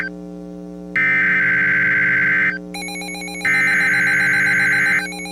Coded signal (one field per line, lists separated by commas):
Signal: Emergency Alert System (SAME) tones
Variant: header bursts